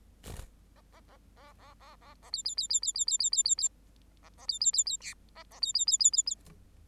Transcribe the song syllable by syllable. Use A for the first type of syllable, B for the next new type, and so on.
A A A A A A A A B B B B B B B B B B B A A B B B B C A A B B B B B B